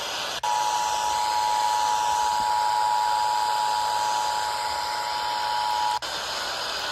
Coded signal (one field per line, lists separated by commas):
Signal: Emergency Alert System (SAME) tones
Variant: 853 and 960 Hz attention tone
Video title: Tennessee July RMT (EAS #707-708)